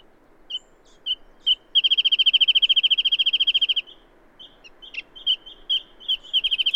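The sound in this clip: Bird song: scattered short chirps, then a fast even trill of about two seconds, followed by more separate chirps building toward another trill.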